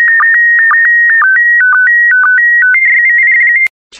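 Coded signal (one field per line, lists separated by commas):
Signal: SSTV (slow-scan television)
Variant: PD120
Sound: warbling electronic tone jumping between pitches, with a short low chirp every half second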